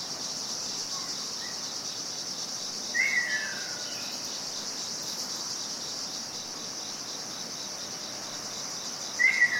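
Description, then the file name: Ruddy kingfisher calls: two descending whistled trills, near three seconds and at the end, over a steady high insect drone. "akashoubin"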